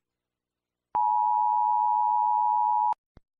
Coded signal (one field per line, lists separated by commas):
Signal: Emergency Alert System (SAME) tones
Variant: 853 and 960 Hz attention tone